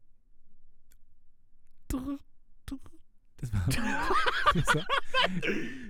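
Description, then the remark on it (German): Florentin Will imitates a cricket chirping: after a quiet stretch come two brief clicky bursts, then a longer, fairly loud run of warbling, chirpy vocal noises. “Das war meine Imitation einer Grille.”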